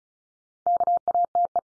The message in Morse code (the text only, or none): KATE